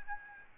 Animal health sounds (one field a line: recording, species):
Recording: mosquito wingbeat signal from an infrared sensor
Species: Aedes albopictus